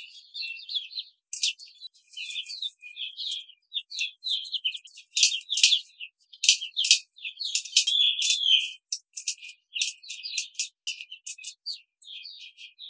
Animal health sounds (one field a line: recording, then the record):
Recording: young laying hens in a cage, short pieces joined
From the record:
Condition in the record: control cage, before the stress test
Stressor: none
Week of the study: 5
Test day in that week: 1